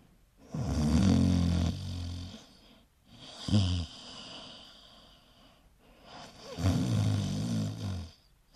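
An adult snoring: three loud, low-pitched, rattling snores, about one every three seconds.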